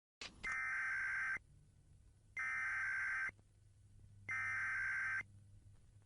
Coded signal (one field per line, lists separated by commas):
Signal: Emergency Alert System (SAME) tones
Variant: header bursts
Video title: 096 - SCP EAS Scenario [A Short Film Project]